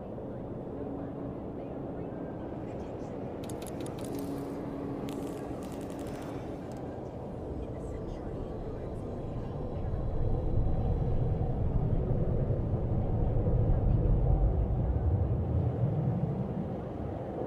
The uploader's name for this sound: Futuristic city ambience